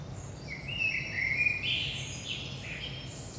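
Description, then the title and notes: Common blackbird sings a single flowing phrase of fluty whistles rising into higher squeaky notes, with a faint low hum behind. Saint-Gilles, Belgium; early morning, 5 am; recorded with a DPA 4060 microphone pair in AB position into a Zoom F3. "Saint-Gilles, Belgique - 5am Blackbird. Blackbird in the morning. Merle au petit matin"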